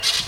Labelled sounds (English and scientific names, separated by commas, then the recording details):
Brown-throated Parakeet (Eupsittula pertinax) contact call
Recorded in Venezuela